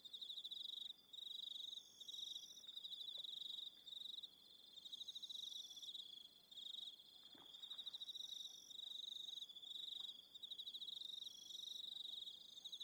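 Cricket chorus of steady high-pitched pulsed chirping in bursts separated by short gaps, layered with fainter higher trills.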